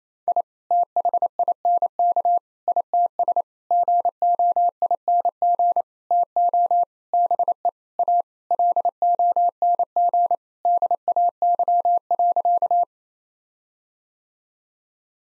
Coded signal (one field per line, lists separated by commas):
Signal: Morse code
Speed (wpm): 28 wpm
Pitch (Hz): 700 Hz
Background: none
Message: I THINK ITS GOING TO BE A LONG DAY.